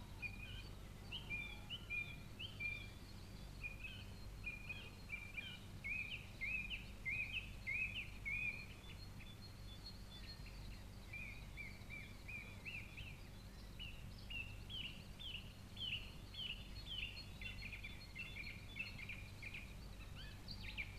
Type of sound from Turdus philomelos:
song